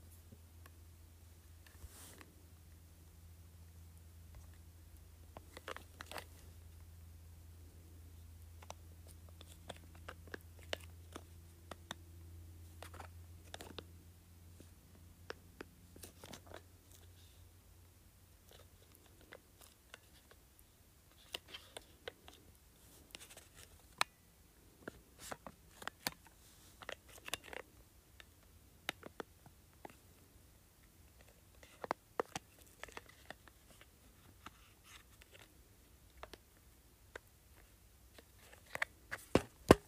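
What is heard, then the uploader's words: Short, sharp clicks from an LED light remote come at irregular intervals across the whole clip, growing busier and a little louder in the second half. A steady low hum with a faint higher tone underneath runs for the first seventeen seconds, then stops. ASMR LED Light Remote.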